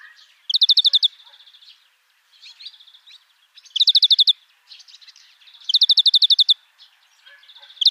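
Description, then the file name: European greenfinch giving rapid bright trills, repeated a few times, with soft twittering between them. "Chloris chloris"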